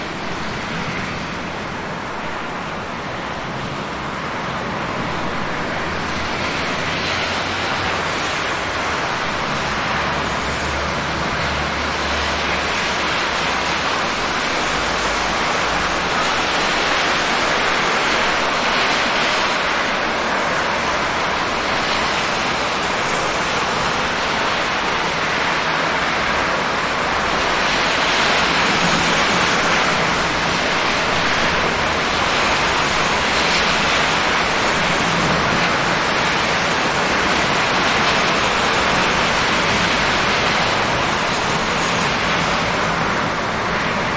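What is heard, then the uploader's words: Heavy rain pours in a dense, unbroken hiss that holds steady for the whole stretch, swelling slightly brighter in places. Low traffic rumble sits underneath, with a deeper vehicle drone passing around ten seconds and faint engine hums drifting in later. Heavy Rain and Street Traffic. Urban windows. Night traffic,rain,wet road,car,bus,toronto,city sounds,night.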